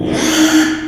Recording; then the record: squeal of a Yucatan mini pig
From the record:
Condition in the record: after surgery on the right vocal fold (resection and tissue-engineered implant); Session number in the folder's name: 3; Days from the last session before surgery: 33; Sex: male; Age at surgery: 12 weeks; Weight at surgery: 13 kg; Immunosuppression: cyclosporine, prednisolone